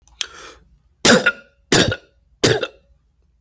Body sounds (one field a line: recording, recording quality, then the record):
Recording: heavy voluntary cough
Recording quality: excellent, no background noise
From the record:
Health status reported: exposed to COVID-19, no respiratory illness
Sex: male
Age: 26 years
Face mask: not worn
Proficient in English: yes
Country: United States